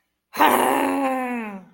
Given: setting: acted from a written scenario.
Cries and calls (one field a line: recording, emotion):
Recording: vocal sound without words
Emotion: anger